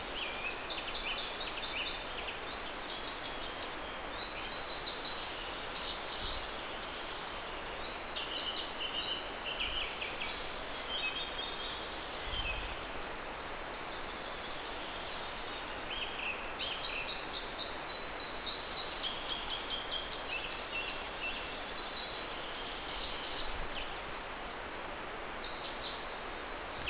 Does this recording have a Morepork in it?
no